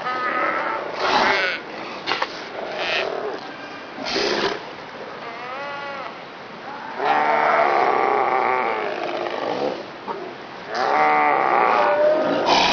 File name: southern sea lion